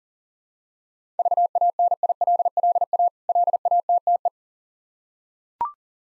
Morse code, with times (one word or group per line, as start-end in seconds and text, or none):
1.2-3.1 VANILLA
3.3-4.3 LATTE